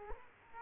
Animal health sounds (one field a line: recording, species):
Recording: mosquito wingbeat signal from an infrared sensor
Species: Aedes aegypti